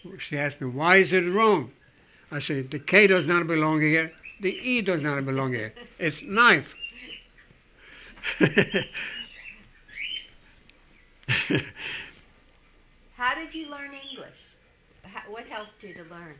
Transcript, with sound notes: She asked me, "Why is it wrong?" I said, "The K does not belong here. The E does not belong here. It's 'nif'." ( they laugh )
How did you learn English? What helped you to learn?